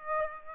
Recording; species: mosquito wingbeat signal from an infrared sensor; Aedes aegypti